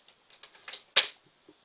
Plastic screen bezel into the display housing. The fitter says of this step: and clip the bottom you want to get the bottoms in first so see how it just pops right in like that